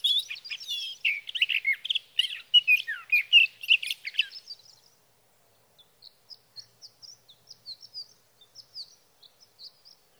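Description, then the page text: Sage thrasher song, a fast, varied warble for several seconds, followed by soft, thin high notes spaced out in the quiet. Male singing through the night near his night roost, Sierra Valley, California, three nights from evening June 12 to morning June 15, 2018; Swift recorder. "61. Sage thrasher songs, through the night."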